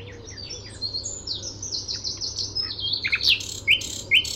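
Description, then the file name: Common nightingale song: high thin notes, then loud sharp slurred notes repeated in a slow series near the end. "Luscinia megarhynchos"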